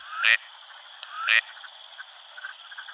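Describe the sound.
Gadwall giving two loud, clipped calls roughly one second apart, each led in by a soft upward slide, then a few faint sounds.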